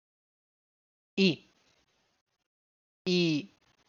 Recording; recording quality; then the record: sustained vowel as in beet; excellent, no background noise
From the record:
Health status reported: healthy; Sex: male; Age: 42 years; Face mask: not worn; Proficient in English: yes